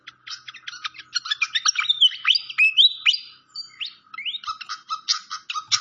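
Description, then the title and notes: Malaysian pied fantail song: quick clicky chirps, then sweeping squeaky whistles, and a fresh burst of fast chirps at the end. Clear-voiced song from a masteran (training) recording. "Masteran Sikatan Kipas Suara Jernih Dan Suara Gemericik Air. Suara Burung Sikatan Londo"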